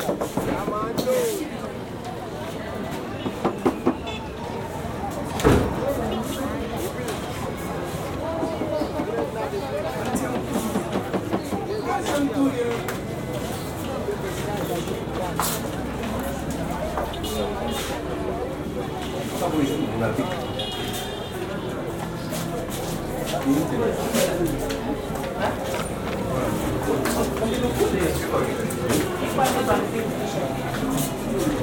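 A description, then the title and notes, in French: A busy scene in Lubumbashi, filled with many overlapping voices talking at once. A low rumble of traffic runs underneath, and sharp knocks and clatters punctuate it, with a loud bang around five seconds in. Une sélection de paysages sonores enregistrés à Lubumbashi par BNA-BBOT en octobre-novembre 2022.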